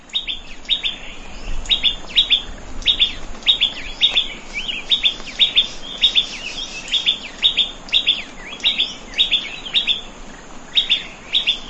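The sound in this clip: Prinia song: sharp, bright chirps repeated steadily throughout over light hiss.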